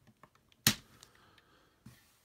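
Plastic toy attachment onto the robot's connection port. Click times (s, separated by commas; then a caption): 0.7 s. A plastic Cyclone Dial Fighter toy attachment is popped onto a toy robot's connection port. A few faint plastic ticks lead up to one sharp, loud snap at 0.7 s, followed by a softer knock near 1.9 s. The attachment seats firmly on the port.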